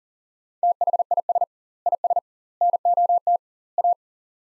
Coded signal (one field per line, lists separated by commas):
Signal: Morse code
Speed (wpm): 40 wpm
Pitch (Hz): 700 Hz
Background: none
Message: THIS IS NOT A